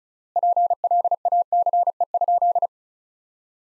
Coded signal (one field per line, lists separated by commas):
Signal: Morse code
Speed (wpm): 34 wpm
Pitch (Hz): 700 Hz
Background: none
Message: PLACE?